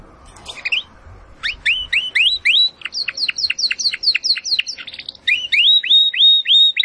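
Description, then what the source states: Domestic canary song of upslurred notes repeated about three to four times per second, with a middle stretch of higher, sharper notes. Belgian canary, Campainha, singing.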